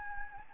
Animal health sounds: mosquito wingbeat signal from an infrared sensor; Anopheles gambiae

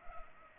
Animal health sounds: mosquito wingbeat signal from an infrared sensor; Culex pipiens

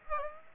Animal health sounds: mosquito wingbeat signal from an infrared sensor; Aedes aegypti

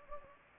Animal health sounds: mosquito wingbeat signal from an infrared sensor; Anopheles gambiae

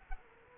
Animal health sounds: mosquito wingbeat signal from an infrared sensor; Culex quinquefasciatus

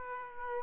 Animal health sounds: mosquito wingbeat signal from an infrared sensor; Aedes aegypti

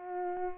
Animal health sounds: mosquito wingbeat signal from an infrared sensor; Culex pipiens

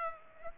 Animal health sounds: mosquito wingbeat signal from an infrared sensor; Aedes aegypti

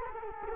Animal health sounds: mosquito wingbeat signal from an infrared sensor; Culex quinquefasciatus

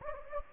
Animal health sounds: mosquito wingbeat signal from an infrared sensor; Anopheles gambiae

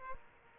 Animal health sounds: mosquito wingbeat signal from an infrared sensor; Aedes aegypti

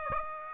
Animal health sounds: mosquito wingbeat signal from an infrared sensor; Aedes aegypti

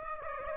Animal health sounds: mosquito wingbeat signal from an infrared sensor; Aedes aegypti

